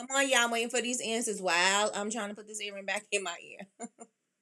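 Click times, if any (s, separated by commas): none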